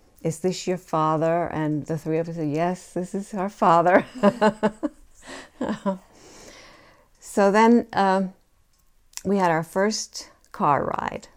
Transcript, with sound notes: "Is this your father?" And the three of us said, "Yes, this is her father." (she laughs) So then we had our first car ride,